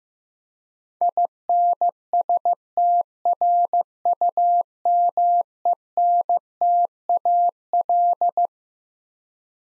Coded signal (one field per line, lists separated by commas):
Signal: Morse code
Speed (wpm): 15 wpm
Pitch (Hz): 700 Hz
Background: none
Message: INSTRUMENTAL